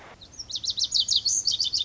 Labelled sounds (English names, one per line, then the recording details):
Lazuli Bunting
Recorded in Sonoma County, California